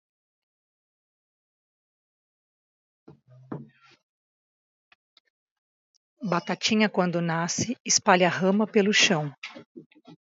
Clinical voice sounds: short text; Brazilian Portuguese; female; 40 to 49 years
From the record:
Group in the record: control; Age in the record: 47 years

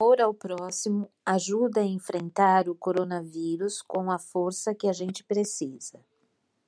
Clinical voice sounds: spoken sentence; Brazilian Portuguese; female; 60 to 69 years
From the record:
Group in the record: control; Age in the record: 60 years

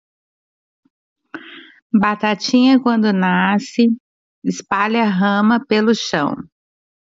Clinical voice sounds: short text; Brazilian Portuguese; female; 40 to 49 years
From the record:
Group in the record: control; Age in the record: 48 years

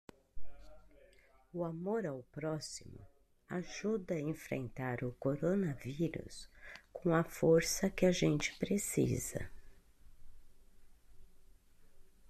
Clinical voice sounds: spoken sentence; Brazilian Portuguese; female; 50 to 59 years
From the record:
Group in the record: control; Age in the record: 59 years

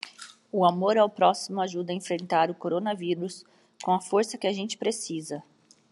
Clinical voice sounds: spoken sentence; Brazilian Portuguese; female; 30 to 39 years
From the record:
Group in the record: control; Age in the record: 38 years

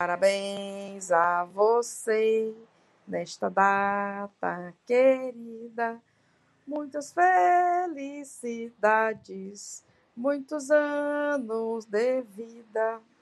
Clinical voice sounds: short text; Brazilian Portuguese; female; 40 to 49 years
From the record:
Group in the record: control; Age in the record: 49 years

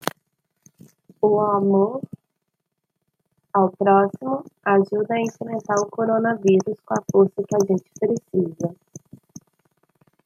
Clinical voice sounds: spoken sentence; Brazilian Portuguese; female; 20 to 29 years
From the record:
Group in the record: control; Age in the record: 29 years

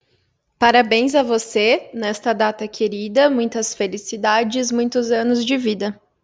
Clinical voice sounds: short text; Brazilian Portuguese; female; 20 to 29 years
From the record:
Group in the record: control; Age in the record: 24 years

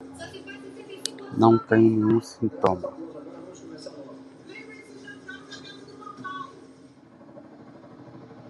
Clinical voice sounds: spoken sentence; Brazilian Portuguese; male; 60 to 69 years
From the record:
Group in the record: control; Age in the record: 68 years

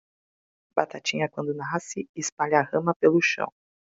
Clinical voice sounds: short text; Brazilian Portuguese; female; 40 to 49 years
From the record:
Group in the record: control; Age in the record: 46 years

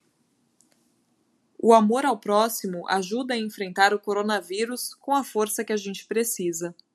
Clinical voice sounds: spoken sentence; Brazilian Portuguese; female; 20 to 29 years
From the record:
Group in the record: control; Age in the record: 27 years

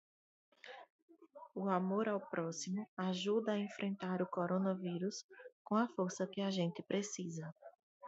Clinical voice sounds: spoken sentence; Brazilian Portuguese; female; 30 to 39 years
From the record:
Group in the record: control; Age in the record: 38 years

